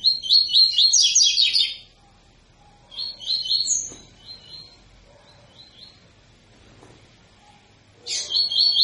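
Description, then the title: Double-collared seedeater singing: a loud rattling trill, then a softer, thinner phrase of repeated notes, a long quiet gap and a fresh burst at the end. Tui-tui song type from a 'fibra' coleiro; teacher song used to train young birds. "COLEIRO TUI TUI FIBRA CANTO PROFESSOR"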